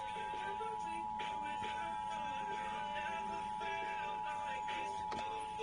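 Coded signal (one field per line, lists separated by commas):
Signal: Emergency Alert System (SAME) tones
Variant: 853 and 960 Hz attention tone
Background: music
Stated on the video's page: Two national periodic tests recorded off air from a TV station and an FM station.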